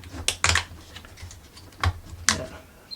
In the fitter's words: hopefully, yeah, pop